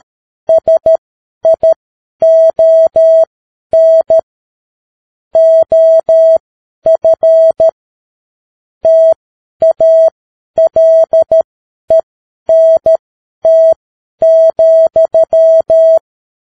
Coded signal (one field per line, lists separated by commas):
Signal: Morse code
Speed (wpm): 13 wpm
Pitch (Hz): 650 Hz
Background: none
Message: SION OF TALENT,